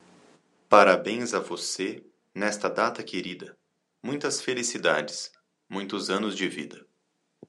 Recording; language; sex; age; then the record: short text; Brazilian Portuguese; male; 40 to 49 years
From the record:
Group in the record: control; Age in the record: 42 years